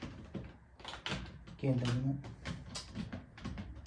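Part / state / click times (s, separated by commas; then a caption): plastic attachment or tube into cordless vacuum body / not seated / none. A plastic attachment or tube is pushed into the body of a Cecotec Conga Rockstar 1500 Ray Pure cordless stick vacuum while someone talks, with a few short knocks and scrapes of plastic heard, the sharpest around 1.1 s. The attachment fails to seat; nothing has clicked into place yet.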